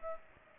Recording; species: mosquito wingbeat signal from an infrared sensor; Aedes aegypti